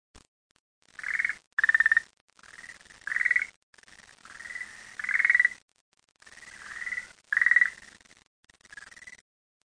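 Frog giving pulsed, trilling calls in bursts of a second or so, with some bursts rising in pitch and brief silent gaps between them.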